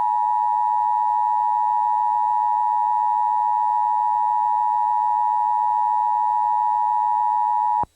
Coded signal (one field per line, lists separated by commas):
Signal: Emergency Alert System (SAME) tones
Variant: 853 and 960 Hz attention tone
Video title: Nebraska State Emergency Alert System Test - November 20th, 2018 (Remake)